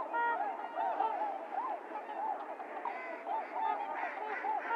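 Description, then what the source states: Trumpeter swans honking together, a thick layer of overlapping trumpet-like notes with a few clearer calls rising above. Recorded 28 January 2022; recording low-cut filtered; several swans.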